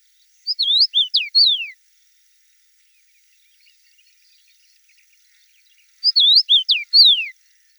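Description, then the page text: Common rosefinch song, a short whistled phrase of about five swooping, slurred notes, given twice with a few seconds of near silence between. "Чечевица обыкновенная (Carpodacus erythrinus) – Пение"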